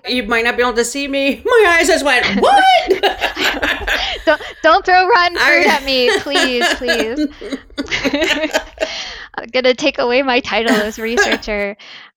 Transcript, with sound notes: You might not be able to see me, but my eyes just went “what?” …
(Laughs). Don’t throw rotten fruit at me, please, please. They’re going to take away my title as researcher.